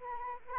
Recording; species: mosquito wingbeat signal from an infrared sensor; Anopheles arabiensis